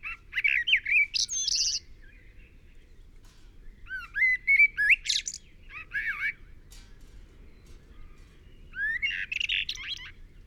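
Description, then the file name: Common blackbird song: several fluty, warbling phrases with pauses between, most finishing in a high, scratchy twitter. "Turdus merula"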